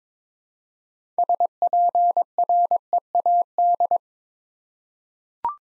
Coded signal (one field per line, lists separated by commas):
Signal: Morse code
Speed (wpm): 21 wpm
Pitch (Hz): 700 Hz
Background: none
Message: SPREAD